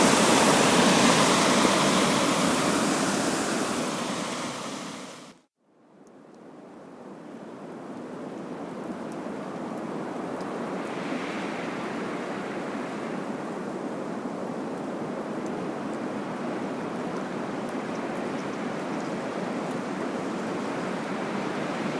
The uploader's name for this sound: Water, and Wind in April